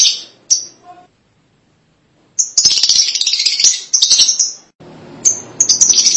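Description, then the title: Lovebird giving two sharp chirps, a silent gap, then dense shrill chattering and a string of high squeaky chirps. "BM Suara Burung Lovebird"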